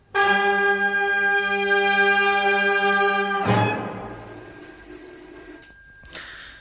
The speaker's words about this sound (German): War das die Türklingel? Ja.